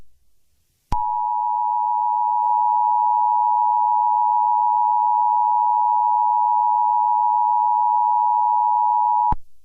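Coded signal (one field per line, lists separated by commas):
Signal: Emergency Alert System (SAME) tones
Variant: 853 and 960 Hz attention tone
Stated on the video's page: Fictional EAS scenario, not a real alert.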